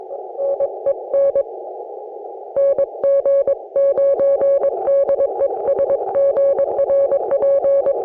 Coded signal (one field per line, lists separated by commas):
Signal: Morse code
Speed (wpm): 22 wpm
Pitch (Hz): 560 Hz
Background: none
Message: NEN NG9D ES GRP